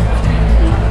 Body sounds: background sound without coughing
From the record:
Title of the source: Party Noise 1 Hour Party Ambience

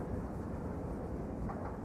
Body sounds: background sound without coughing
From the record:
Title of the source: Train Ride Ambience ambient white noise for sleeping, focus, studying, reading

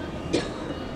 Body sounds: coughing mixed with background sound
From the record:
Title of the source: female coughing - coughing sound effects girl

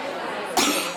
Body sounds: coughing mixed with background sound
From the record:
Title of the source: 64 coughing, allergies, singing lungs

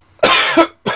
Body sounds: coughing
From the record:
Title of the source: Dry Coughing Fit in the Afternoon.

